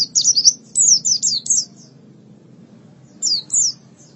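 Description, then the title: White-eye song, short bursts of bright, high descending chirps, a quick phrase, a pause, then two more notes, over faint low noise. "Kicauan Burung Pleci"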